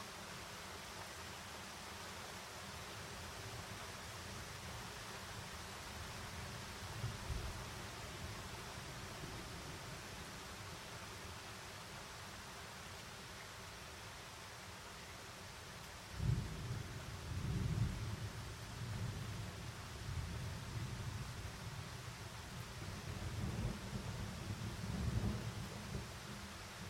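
A steady hiss of rain fills a mountain storm, with low thunder rumbling in near 7 seconds and growing heavier from about 16 seconds.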